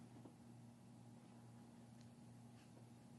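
A power cable plug is picked up and lined up with the back of a water sampling pump, producing only a faint handling noise over a steady low hum. A brief, faint tick occurs around 2.0 s, but the plug has not yet been pushed in and nothing has clicked into place.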